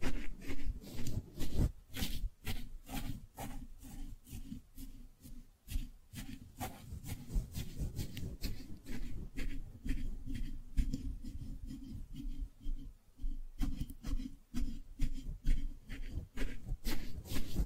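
Soft brushing and squishy rubbing sounds fill the clip, heavy and muffled in the low end with dense, crackly texture above. Strokes come in quick, uneven bursts about every half second or so, with sharper scratchy flicks scattered throughout and no pauses.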